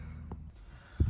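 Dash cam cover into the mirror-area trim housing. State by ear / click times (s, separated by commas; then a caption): seated / 0.3 s. A plastic dash cam cover is lined up against the windshield mount trim in the mirror area of a Honda Passport and pressed upward into the trim housing, producing a short snap at 0.3 s. A low thump follows near 1.0 s. The cover seats in place.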